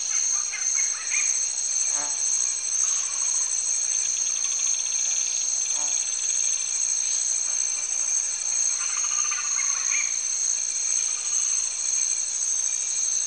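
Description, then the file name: Insects keep up an unbroken shrill buzzing chorus throughout, with scattered other calls beneath it. Rainforest ambience in Cameroon. "Cameroun- Turaco Birds, insects and tree frogs"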